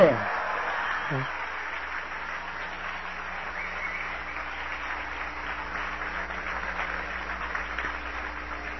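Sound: audience applause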